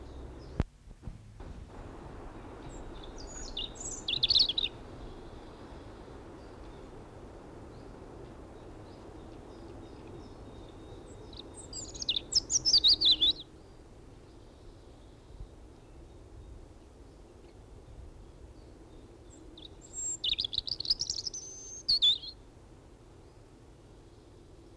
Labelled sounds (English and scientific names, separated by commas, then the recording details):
European Robin (Erithacus rubecula) song
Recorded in the wild
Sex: male
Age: adult
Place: Summt, am Buchenberg, Brandenburg, DE
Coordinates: 52.695, 13.3594
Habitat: hight spruce forest
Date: 1975-05-02 11:52
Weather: sunny, few clouds, 16°C
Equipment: Uher CR 210, Sennheiser MD 421, Reflektor, Verstärker, Kopie Uher 4200
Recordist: Tembrock, Günter